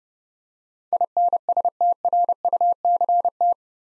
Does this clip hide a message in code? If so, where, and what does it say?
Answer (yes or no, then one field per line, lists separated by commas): yes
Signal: Morse code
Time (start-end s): 0.9-3.5 s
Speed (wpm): 30 wpm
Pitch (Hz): 700 Hz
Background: none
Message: INSTRUCT